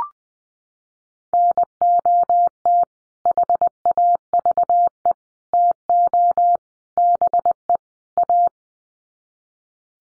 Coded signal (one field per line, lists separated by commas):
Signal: Morse code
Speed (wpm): 20 wpm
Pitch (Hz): 700 Hz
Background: none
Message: NOT HAVE TO BE A